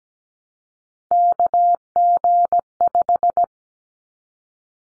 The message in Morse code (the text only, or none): KG5